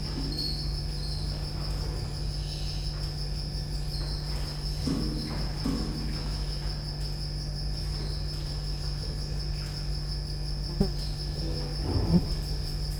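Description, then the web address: Cricket, high continuous trill throughout, low hum beneath, a couple of soft knocks near the end. Recorded at Győr zoo in 2014 with professional gear; insect on the left microphone, amid electrical equipment; quiet still-life scene. "allathangok gyorizoo 2014 professzionalis gallerospavian balmikrofonnalegyrovar elektromosberendezes tucsok csendelet"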